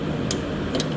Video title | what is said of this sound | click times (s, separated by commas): Oil pan and gasket install on 96 5.7l for GhoSSt | Boom. Click. You heard that click. | 0.3 s